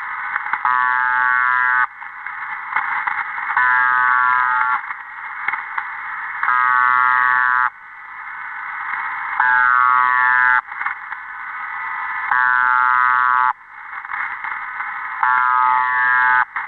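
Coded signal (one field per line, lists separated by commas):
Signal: channel marker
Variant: UVB-76 (The Buzzer)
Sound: harsh, low, droning buzz about a second long, repeated six times with hissy gaps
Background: radio static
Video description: The Buzzer sends this interrupted buzzing signal pretty much 24 hours a day, occasionally stopping the buzz to include voice messages.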